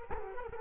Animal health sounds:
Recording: mosquito wingbeat signal from an infrared sensor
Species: Culex quinquefasciatus

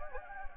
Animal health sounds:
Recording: mosquito wingbeat signal from an infrared sensor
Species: Anopheles gambiae

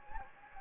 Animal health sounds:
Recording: mosquito wingbeat signal from an infrared sensor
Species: Anopheles gambiae

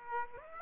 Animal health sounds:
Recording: mosquito wingbeat signal from an infrared sensor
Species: Aedes aegypti

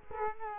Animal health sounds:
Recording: mosquito wingbeat signal from an infrared sensor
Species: Culex quinquefasciatus

